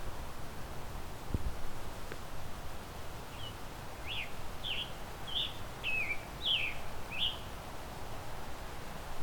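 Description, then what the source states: Scarlet Tanager singing softly: a series of about seven short phrases over steady background noise. Male singing quietly to himself, heard at close range.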